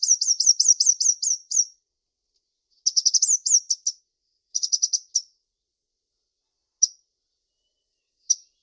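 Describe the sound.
Bird song of fast, high, slurred chirps in quick runs, slowing into scattered single notes toward the end; quiet background.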